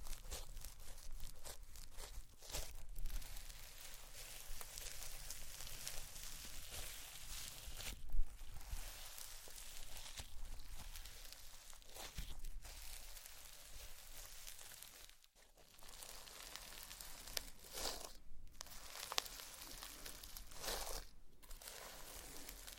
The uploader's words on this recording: ASMR SLIME! 5 Satisfying Slimes.